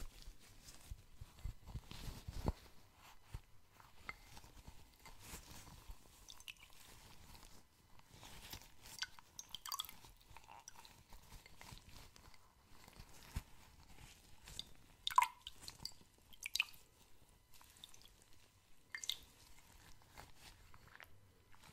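Soft tapping and rubbing sounds, like gloved hands working lotion and handling cotton, come in scattered, irregular bursts. A low thump sounds near the start and sharp crisp taps stand out around 15 and 19 seconds, over a faint steady hum.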